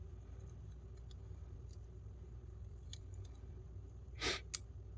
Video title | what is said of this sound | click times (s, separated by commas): FREE KNIVES! And a review of a SUPER BUDGET AUTO! Last chance to comment on GIVEAWAY VID Follow LINK | Okay, it clicked in there. | 4.5 s